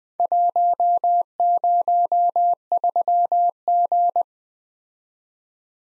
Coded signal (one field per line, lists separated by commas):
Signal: Morse code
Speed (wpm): 25 wpm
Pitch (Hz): 700 Hz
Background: none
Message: 103G